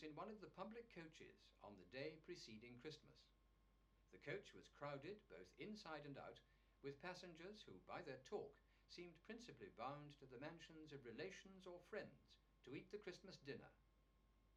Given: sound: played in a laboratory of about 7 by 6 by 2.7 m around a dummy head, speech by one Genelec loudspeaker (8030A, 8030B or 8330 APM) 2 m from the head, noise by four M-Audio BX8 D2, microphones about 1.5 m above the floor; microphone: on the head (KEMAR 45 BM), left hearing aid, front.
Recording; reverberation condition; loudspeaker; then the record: male speech in English; low; 60 degrees to the left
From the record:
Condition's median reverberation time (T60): about 310 ms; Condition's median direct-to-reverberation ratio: about 3.5 dB